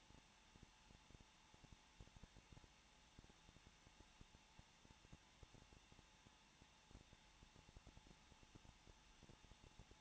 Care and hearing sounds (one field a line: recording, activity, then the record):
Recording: daily activity, microphone in the room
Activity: no activity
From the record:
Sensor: 1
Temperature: 20.1 degrees Celsius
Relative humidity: 39.4%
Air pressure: 1006.4 hPa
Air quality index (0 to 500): 219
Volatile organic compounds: 83 ppm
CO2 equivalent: 3628 ppm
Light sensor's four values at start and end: 1/2/1/1 and 1/2/1/1